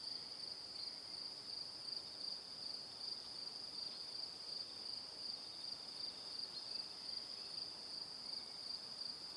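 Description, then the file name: Crickets keep up an unbroken shrill trill, pulsing evenly throughout, with a soft hiss underneath. "Calm - Evening Crickets"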